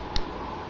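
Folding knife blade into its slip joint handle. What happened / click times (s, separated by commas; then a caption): The folding blade snapped into its open detent / 0.2 s. A blade on a slip joint knife with no lock is opened and snaps into its open detent position in the handle with a single sharp click at 0.2 s. It holds in place, though it is not a true lock.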